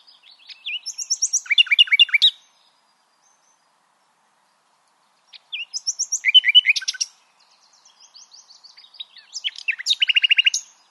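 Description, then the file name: Common nightingale song: phrases of rapid repeated notes, two bursts separated by a long pause, then a third phrase building to loud repeated notes. "Luscinia megarhynchos"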